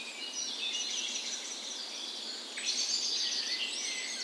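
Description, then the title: Birds singing at dawn, faint thin high-pitched songs and a sharper whistled phrase appearing after a brief lull midway. Dawn chorus in a park in western Bergen, Norway, morning of 17 May, Norway's National Day, spring; recorded with a Sony PCM A10 and LOM Usi microphones as tree ears. "17th Of May Dawn Chorus"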